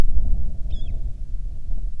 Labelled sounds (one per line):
bird
wind